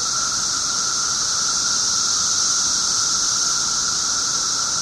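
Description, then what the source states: Periodical cicadas buzz in an even, ceaseless chorus, a bright hiss layered over a sustained whining tone. 17-year periodical cicadas recorded 18 June 2007 at 1:00 pm.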